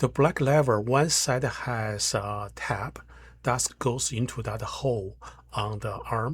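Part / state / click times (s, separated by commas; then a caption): plastic release lever into printer paper pickup arm / not seated / none. Someone talks while handling the black plastic release lever for the cassette 2 paper pickup arm of an Epson ET-8550 printer, whose tab goes into the hole on the arm. The lever is meant to be pressed down hard until it clicks, but nothing has seated or clicked yet.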